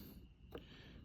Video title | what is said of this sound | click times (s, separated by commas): 6.0 Powerstroke Race Truck Weight Reduction and ISSPRO Gauge Install!!! | going to attempt you'll hear it click in | 0.6 s